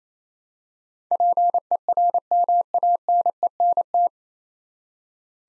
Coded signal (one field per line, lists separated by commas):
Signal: Morse code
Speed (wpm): 28 wpm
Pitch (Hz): 700 Hz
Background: none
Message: PERMANENT